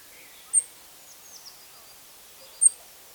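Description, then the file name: European robin uttering two sharp, high-pitched call notes about two seconds apart, with a few faint soft chirps between them. "Erithacus rubecula"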